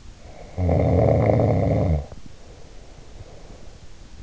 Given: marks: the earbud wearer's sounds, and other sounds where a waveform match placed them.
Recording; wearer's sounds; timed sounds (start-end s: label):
sounds in sleep by an in-ear microphone; snoring breath
0.10-3.93 s: snoring breath